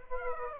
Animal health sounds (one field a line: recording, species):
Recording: mosquito wingbeat signal from an infrared sensor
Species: Aedes aegypti